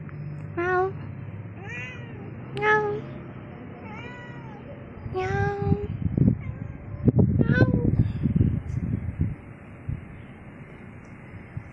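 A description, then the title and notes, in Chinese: A cat meows several times, short rising and falling cries near 1, 3, 5 and 8 seconds, over a low hum with some thumping in the middle. 路上遇到曬太陽的貓有貓叫。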